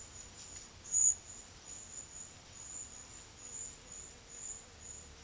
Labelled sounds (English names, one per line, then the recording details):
none
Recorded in secondary vegetation near Puerto Asís, Putumayo, Colombia, on 23 June 2025 at 10:30
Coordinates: 0.500, -76.326
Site GP08